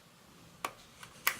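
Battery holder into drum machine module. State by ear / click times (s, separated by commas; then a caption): seated / 0.7 s, 1.3 s. A battery holder, which fits only one way, is pushed into a Roland R8M drum module until it seats and locks in place. Two sharp clicks sound at 0.6 s and 1.3 s, with a fainter tick near 1.0 s. No one talks.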